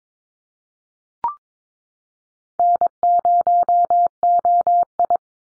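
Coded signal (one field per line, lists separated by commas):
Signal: Morse code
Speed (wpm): 22 wpm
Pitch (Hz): 700 Hz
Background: none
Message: N0OI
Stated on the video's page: Computer-generated Morse drill of common North American SOTA activator callsigns at 22 wpm; each sent, spoken, then sent again.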